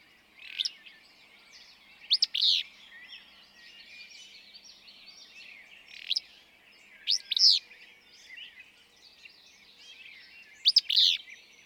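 Willow flycatcher singing a quick, buzzy two-note phrase several times at irregular intervals, with faint twittering from other birds behind.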